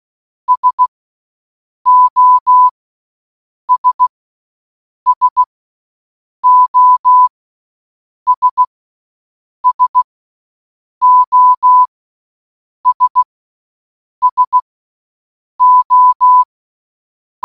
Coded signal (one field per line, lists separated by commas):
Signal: Morse code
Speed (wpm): 16 wpm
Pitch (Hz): 1000 Hz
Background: none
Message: SOS SOS SOS SO